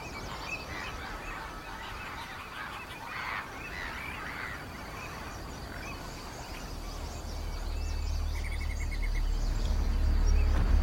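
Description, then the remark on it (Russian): A flock of flying geese honks in a steady stream of overlapping, nasal calls, while a low rumbling noise swells and grows louder toward the end. “Смотрит в бинокль на летящих гусей.”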